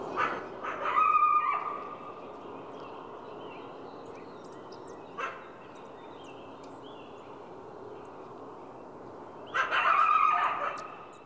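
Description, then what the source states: Coyote barks, a raspy drawn-out bark near the start, a brief sharp one midway and another harsh bark at the end, with faint bird chirps between. Barking, recorded with birds in the background.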